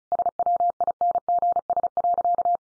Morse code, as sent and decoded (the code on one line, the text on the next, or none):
... .-- .. -. --. ... .-.-.-
SWINGS.